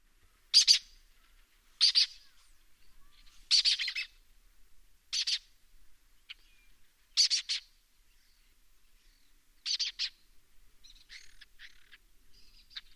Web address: Lesser kestrel. صدای-پرنده-دلیجه-کوچک